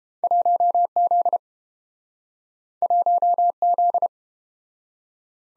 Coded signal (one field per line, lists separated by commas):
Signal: Morse code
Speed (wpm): 31 wpm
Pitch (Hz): 700 Hz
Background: none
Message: 1Z 1Z